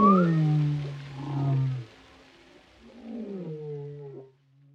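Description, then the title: Whale song opening with a deep, sustained low moan, then a quieter wavering higher moan that fades out. Compilation of whale vocalizations including moans, calls and melodies, presented for relaxation. "Soothing Symphony of the Deep: Captivating Whale Sounds for Relaxation"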